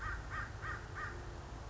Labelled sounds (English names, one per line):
American Crow